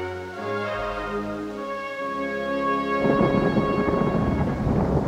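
A low, sustained rumble of thunder builds up, then swells into a loud, broad roar in the last couple of seconds, with no voices.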